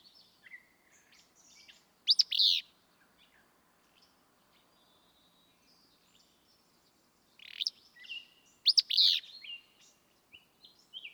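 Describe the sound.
Willow flycatcher song, an explosive sneezy two-part burst given twice several seconds apart, with soft faint chips between.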